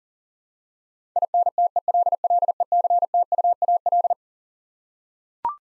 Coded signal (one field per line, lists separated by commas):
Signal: Morse code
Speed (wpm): 40 wpm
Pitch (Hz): 700 Hz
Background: none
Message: INTELLECTUAL